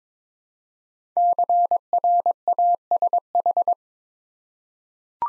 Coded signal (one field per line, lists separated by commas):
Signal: Morse code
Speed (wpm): 23 wpm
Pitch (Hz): 700 Hz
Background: none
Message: CRASH